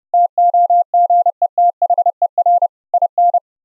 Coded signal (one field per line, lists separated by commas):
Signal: Morse code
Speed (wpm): 30 wpm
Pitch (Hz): 700 Hz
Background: none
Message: TOGETHER IN